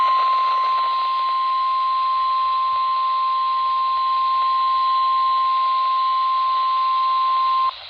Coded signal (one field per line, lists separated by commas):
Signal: Emergency Alert System (SAME) tones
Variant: 1050 Hz attention tone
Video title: (EAS "#730") RAH Severe Thunderstorm Warning from WWF60 (Buck Mtn., NC) - 5/2/2025